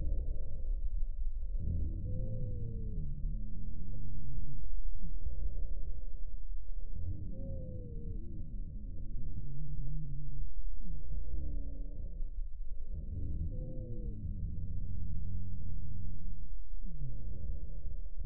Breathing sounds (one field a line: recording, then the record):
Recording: lung sounds by stethoscope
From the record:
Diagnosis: chronic bronchitis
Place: left posterior upper chest